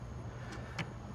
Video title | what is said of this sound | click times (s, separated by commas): 2021 Ford F-150 5.0 v8 JLT Oil Separator Install | It just pops right in. | 0.8 s